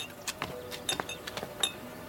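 A butler serves vodka and a glass on a serving tray: a series of light, irregular glass clinks and taps as the bottle and glass rattle on the tray, with a few bright ringing chimes among softer knocks and no talking.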